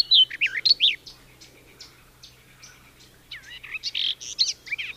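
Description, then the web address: Garden warbler song in short bursts of looping, liquid notes, separated by a quiet gap, with a faint low hum underneath. "Madardalok Kerti poszáta"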